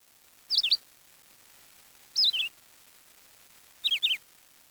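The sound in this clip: Bird chirps: brief high twittering notes sliding downward, given in groups of two or three separated by short pauses, with faint background hiss.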